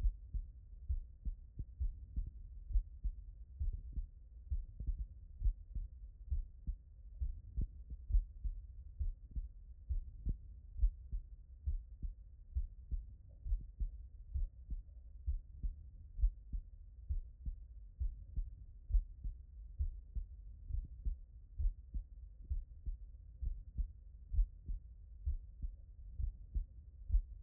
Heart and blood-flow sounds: heart sounds by stethoscope; tricuspid valve (TV)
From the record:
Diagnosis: non-HFrEF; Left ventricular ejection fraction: 58%

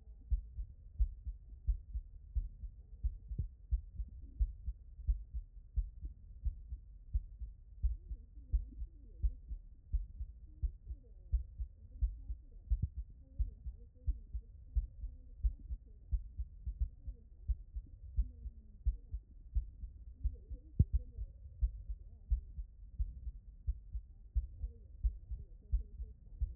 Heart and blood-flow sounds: heart sounds by stethoscope; tricuspid valve (TV)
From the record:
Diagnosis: non-HFrEF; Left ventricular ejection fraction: 61%

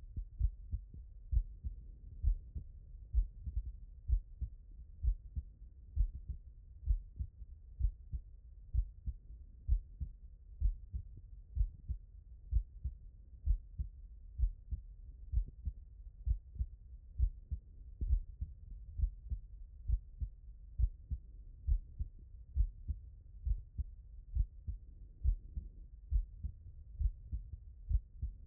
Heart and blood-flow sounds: heart sounds by stethoscope; tricuspid valve (TV)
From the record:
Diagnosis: non-HFrEF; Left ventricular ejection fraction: 50%

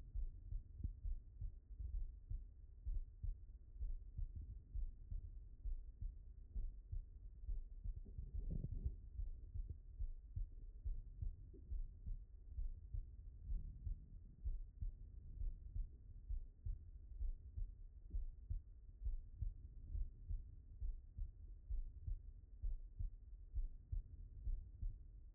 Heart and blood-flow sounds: heart sounds by stethoscope; pulmonary valve (PV)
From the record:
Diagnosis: non-HFrEF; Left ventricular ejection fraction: 60%

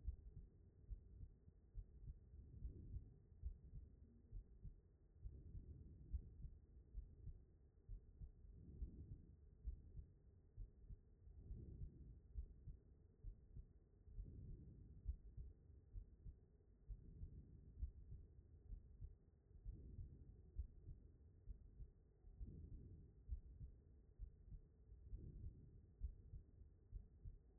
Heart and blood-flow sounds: heart sounds by stethoscope; aortic valve (AV)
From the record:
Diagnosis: non-HFrEF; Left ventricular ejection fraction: 60%

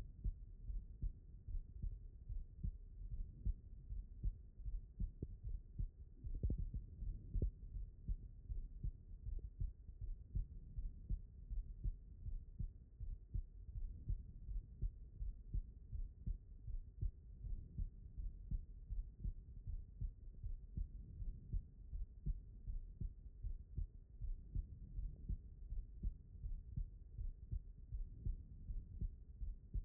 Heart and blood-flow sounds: heart sounds by stethoscope; aortic valve (AV)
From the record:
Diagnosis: non-HFrEF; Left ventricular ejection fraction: 64%

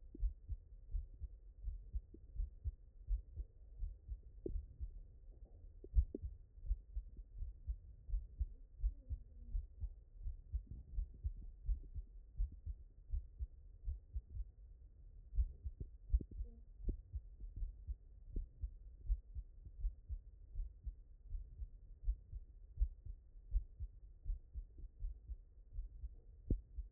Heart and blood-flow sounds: heart sounds by stethoscope; mitral valve (MV)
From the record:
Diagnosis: HFrEF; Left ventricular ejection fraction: 34%

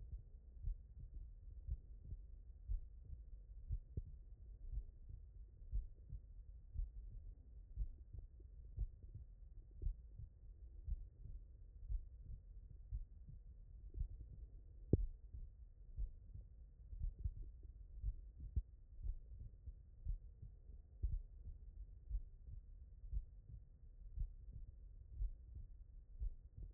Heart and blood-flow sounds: heart sounds by stethoscope; tricuspid valve (TV)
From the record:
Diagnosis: non-HFrEF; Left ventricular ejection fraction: 76%

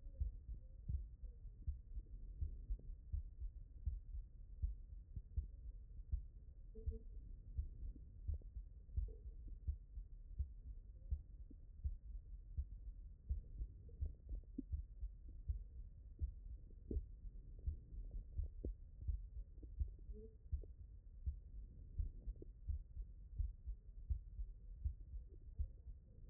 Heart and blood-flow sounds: heart sounds by stethoscope; mitral valve (MV)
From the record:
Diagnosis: HFrEF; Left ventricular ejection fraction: 40%

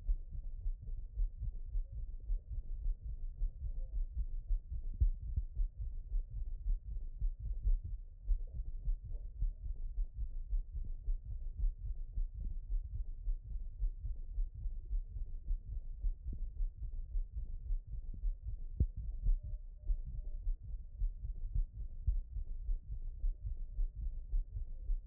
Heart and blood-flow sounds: heart sounds by stethoscope; tricuspid valve (TV)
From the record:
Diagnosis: HFrEF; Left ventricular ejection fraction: 17%

